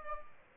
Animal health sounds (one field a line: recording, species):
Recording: mosquito wingbeat signal from an infrared sensor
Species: Aedes albopictus